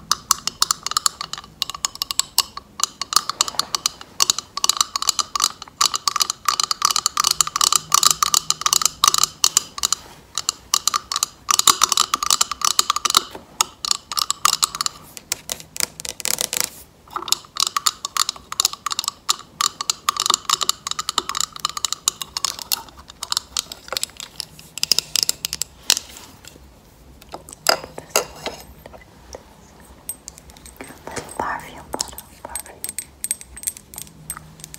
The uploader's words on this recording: ASMR Tapping with Acrylic Nails.